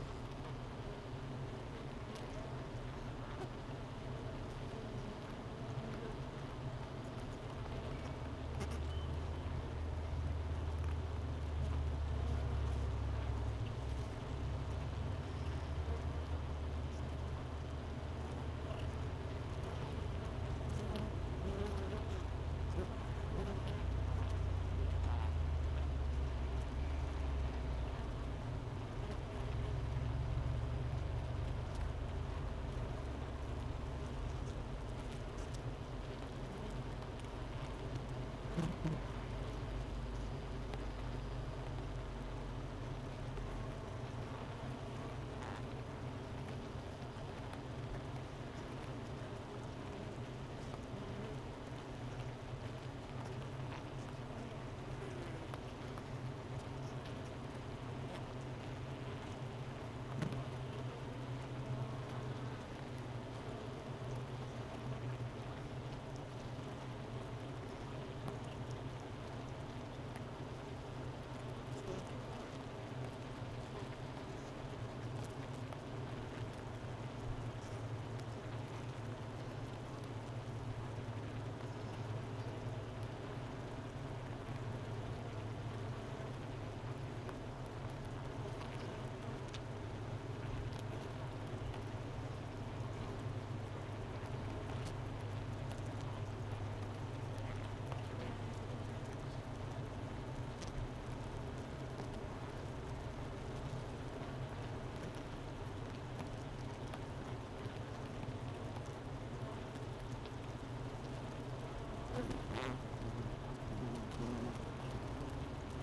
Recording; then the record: honeybee colony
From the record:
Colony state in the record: missing queen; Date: 31 May 2018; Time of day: 11:27